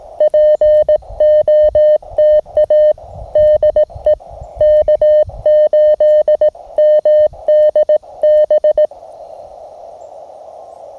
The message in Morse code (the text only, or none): POTA DE K8MDB